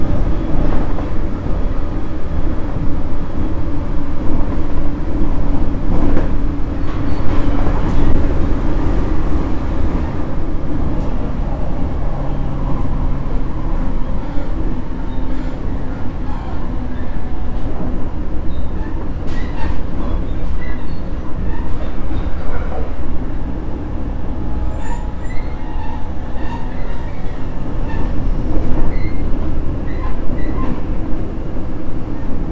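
A JR Kyushu 817 series train runs steadily with a dense, constant low rumble, faint tonal whines, and occasional clicks and rattles throughout.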